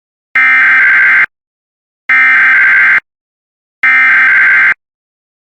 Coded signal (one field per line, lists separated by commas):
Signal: Emergency Alert System (SAME) tones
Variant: header bursts